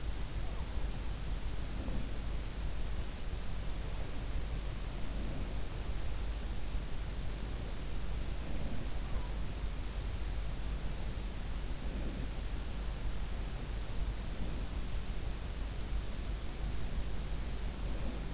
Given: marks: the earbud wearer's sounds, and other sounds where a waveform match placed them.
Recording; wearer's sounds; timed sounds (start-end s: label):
sounds in sleep by an in-ear microphone; breath
1.74-2.15 s: breath
5.02-5.53 s: breath
8.44-8.92 s: breath
11.89-12.38 s: breath